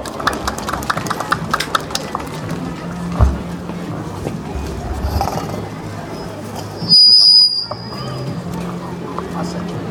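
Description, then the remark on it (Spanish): An audience claps steadily at a public event in District 8 of El Alto, welcoming the next speaker: a dense crackling patter that carries on throughout, with a brief louder burst and a sharp high whistle partway through. “Fuerte los aplausos para recibir al compañero”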